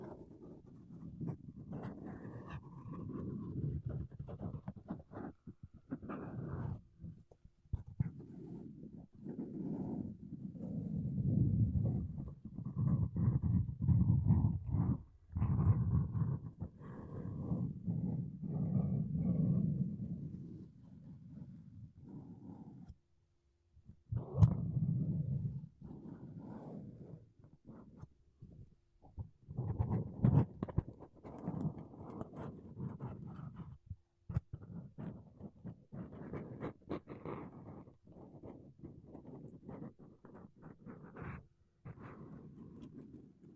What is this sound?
Mic Brushing Using Makeup Brushes and Sponge